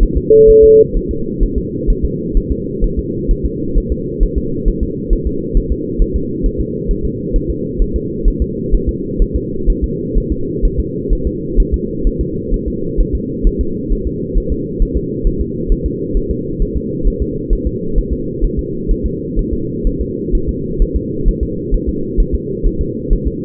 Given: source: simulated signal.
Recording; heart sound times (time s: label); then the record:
fetal heart sounds
0.03 s: S1
0.17 s: S2
0.50 s: S1
0.64 s: S2
0.97 s: S1
1.11 s: S2
1.43 s: S1
1.58 s: S2
1.90 s: S1
2.05 s: S2
2.37 s: S1
2.52 s: S2
2.84 s: S1
2.99 s: S2
3.31 s: S1
3.45 s: S2
3.78 s: S1
3.92 s: S2
4.23 s: S1
4.38 s: S2
4.68 s: S1
4.83 s: S2
5.13 s: S1
5.27 s: S2
5.57 s: S1
5.72 s: S2
6.02 s: S1
6.16 s: S2
6.46 s: S1
6.60 s: S2
6.91 s: S1
7.05 s: S2
7.36 s: S1
7.50 s: S2
7.82 s: S1
7.96 s: S2
8.28 s: S1
8.42 s: S2
8.75 s: S1
8.89 s: S2
9.22 s: S1
9.36 s: S2
9.70 s: S1
9.84 s: S2
10.17 s: S1
10.32 s: S2
10.65 s: S1
10.80 s: S2
11.13 s: S1
11.27 s: S2
11.60 s: S1
11.74 s: S2
12.07 s: S1
12.21 s: S2
12.54 s: S1
12.68 s: S2
13.00 s: S1
13.15 s: S2
13.47 s: S1
13.61 s: S2
13.92 s: S1
14.07 s: S2
14.38 s: S1
14.52 s: S2
14.82 s: S1
14.97 s: S2
15.27 s: S1
15.41 s: S2
15.72 s: S1
15.86 s: S2
16.17 s: S1
16.31 s: S2
16.62 s: S1
16.77 s: S2
17.08 s: S1
17.22 s: S2
17.53 s: S1
17.67 s: S2
17.98 s: S1
18.13 s: S2
18.44 s: S1
18.59 s: S2
18.91 s: S1
19.06 s: S2
19.39 s: S1
19.53 s: S2
19.87 s: S1
20.01 s: S2
20.35 s: S1
20.49 s: S2
20.82 s: S1
20.96 s: S2
21.28 s: S1
21.43 s: S2
21.74 s: S1
21.89 s: S2
22.20 s: S1
22.35 s: S2
22.67 s: S1
22.81 s: S2
23.13 s: S1
23.27 s: S2
From the record:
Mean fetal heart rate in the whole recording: 130 bpm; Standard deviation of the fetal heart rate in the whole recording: 4 bpm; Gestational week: 38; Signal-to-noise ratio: -6.6 dB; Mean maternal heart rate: 72 bpm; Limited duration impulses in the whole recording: present